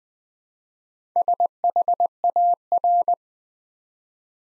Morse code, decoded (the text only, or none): SHAR